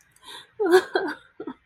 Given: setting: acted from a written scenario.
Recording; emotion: vocal sound without words; sadness